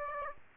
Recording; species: mosquito wingbeat signal from an infrared sensor; Aedes aegypti